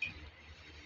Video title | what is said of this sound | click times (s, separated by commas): paano magpalit ng lens or visor ng evo helmet AR 01 #evo #lens#visor #nognogbaloga mixvlog | Yan guys naka-lock na siya. | 0.0 s